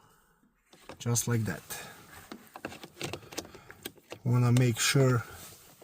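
A Ford Explorer's HVAC cabin air temperature sensor, fixed to cure a loud whining, siren-like noise from the dashboard, is handled as it is guided back toward its plastic housing behind the dash trim. Someone talks over a series of small, sharp handling taps and knocks. Nothing has seated or clicked into the housing yet.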